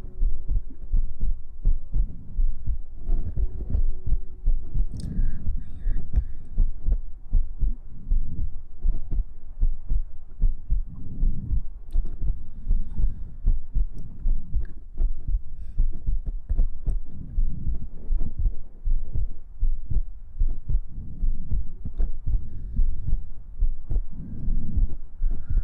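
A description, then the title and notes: Ear massage with water sounds: a constant low, muffled rumble of rubbing and sloshing fills the whole stretch, pulsing in soft thuds every second or so. Brief clicks and crackles scatter throughout, with a few faint higher tones around five seconds. TimASMR- Ear Massage Water Sounds.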